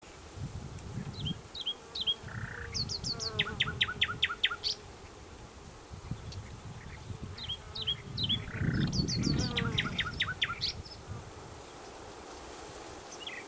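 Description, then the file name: Common nightingale singing two similar phrases: brief whistles, then a rapid series of sharp descending notes, with low rumbling noise beneath. "Luscinia megarhynchos"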